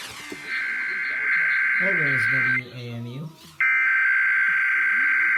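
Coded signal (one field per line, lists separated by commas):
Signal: Emergency Alert System (SAME) tones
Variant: header bursts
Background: speech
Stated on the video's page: DC Required Monthly Test received on multiple radio and TV stations and HD subchannels; one station mocked Tennessee.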